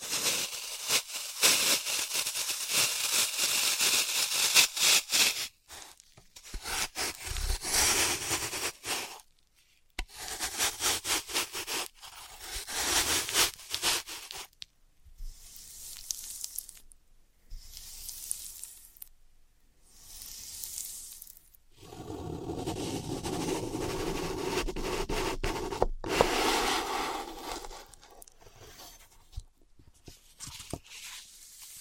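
Floral foam being cut and crushed in bursts of crisp, crackly scraping, separated by short silences, with a denser, fuller crunching stretch near the end.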